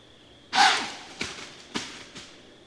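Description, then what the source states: White-tailed deer giving one loud, forceful breathy snort, followed by three softer, shorter huffs spaced about half a second apart. Recorded 21 October 2010.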